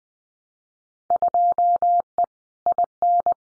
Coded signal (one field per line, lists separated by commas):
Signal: Morse code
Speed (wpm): 20 wpm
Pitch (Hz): 700 Hz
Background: none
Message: 2E IN